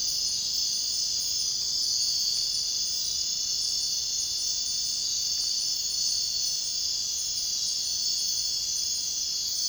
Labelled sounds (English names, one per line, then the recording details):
none
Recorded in dense forest near Puerto Asís, Putumayo, Colombia, on 22 June 2025 at 01:30
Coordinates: 0.499, -76.324
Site G100